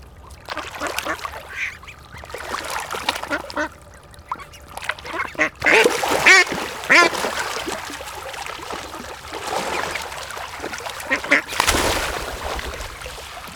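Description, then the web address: Ducks feeding, with dabbling and splashing and scattered quacks over steady background noise. Several ducks feeding. "best service Blue Box birds ducks"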